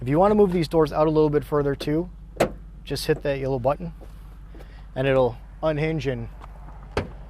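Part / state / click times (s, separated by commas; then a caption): van rear door into its magnetic hold-open catch / seated / 7.0 s. Someone talks as the rear door of a wheelchair-accessible 2019 Ford Transit van with a rear power lift, unhinged with the yellow button, is swung wider. At 7.0 s a strong, sharp click sounds as the door catches and seats in its magnetic hold-open catch.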